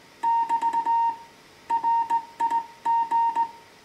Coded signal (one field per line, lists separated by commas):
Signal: Morse code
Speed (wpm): 17 wpm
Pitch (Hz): 920 Hz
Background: music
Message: <BT> RIG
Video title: Morse Code QSO using an old Heathkit HW-101 Transceiver